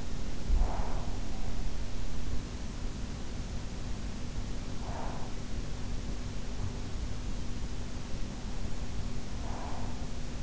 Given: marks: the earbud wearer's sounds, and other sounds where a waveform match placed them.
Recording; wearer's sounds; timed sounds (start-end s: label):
sounds in sleep by an in-ear microphone; breath
0.00-2.06 s: breath
4.63-5.63 s: breath
9.12-10.43 s: breath